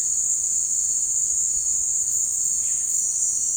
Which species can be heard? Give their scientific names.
none